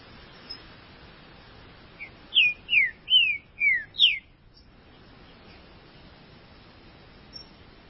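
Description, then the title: Green-winged saltator song, a burst of five bright descending whistles over two seconds, followed by silence with faint hiss. "Trinca Ferro"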